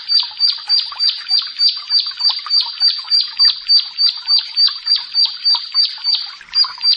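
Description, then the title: Bar-winged prinia singing a long, even series of bright, high chirps, roughly three per second. "Ciblek Sawah 1"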